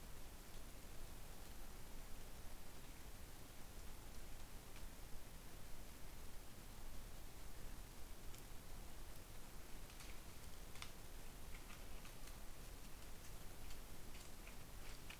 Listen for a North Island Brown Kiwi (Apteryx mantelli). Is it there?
no